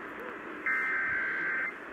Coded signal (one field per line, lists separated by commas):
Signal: Emergency Alert System (SAME) tones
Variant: header bursts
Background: speech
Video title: KTAR 620 Required Weekly Test (EAS #3286) 2/17/21